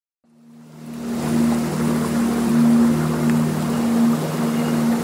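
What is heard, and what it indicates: Steady rushing water and surf with a low, droning hum: a general nature soundscape from a tinnitus sound therapy app, not tuned to particular frequency bands or pitch ranges.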